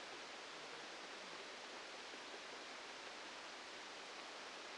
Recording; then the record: brain microelectrode recording played as sound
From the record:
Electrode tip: outside the subthalamic nucleus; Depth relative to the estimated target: -10 mm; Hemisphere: right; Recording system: NeuroSet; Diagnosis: Parkinson's disease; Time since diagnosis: 13 years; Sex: male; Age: 65 years